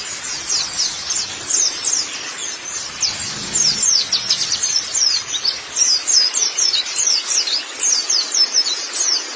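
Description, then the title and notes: White-eye song, high sweet twittering in short bursts, quieter at first, then a lively run of rapid thin chirps from midway on. "Kicauan Burung Pleci Durasi Panjang. Suara kicauan burung pleci"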